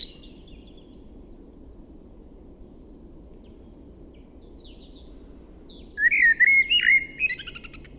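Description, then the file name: Eurasian blackbird song: after six seconds of faint chirps and low background rumble, one rich fluted warble breaks in, closing with high, scratchy twittering notes. "Turdus merula"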